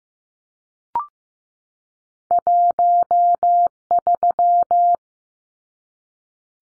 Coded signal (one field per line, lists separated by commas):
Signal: Morse code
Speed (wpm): 15 wpm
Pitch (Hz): 700 Hz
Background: none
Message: 13